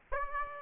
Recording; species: mosquito wingbeat signal from an infrared sensor; Aedes aegypti